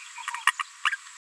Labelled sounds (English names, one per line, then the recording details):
Green-rumped Parrotlet babbling
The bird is a female
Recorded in a nest box in Venezuela
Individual 17B73B3